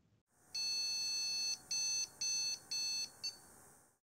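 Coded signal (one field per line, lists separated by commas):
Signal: beep code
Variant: PC BIOS POST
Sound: one long beep then three short beeps, high pitched, with a tiny final blip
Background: faint electrical hum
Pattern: 1 long, 3 short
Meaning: Video card error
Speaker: the very same error beep codes and the screen is monochrome again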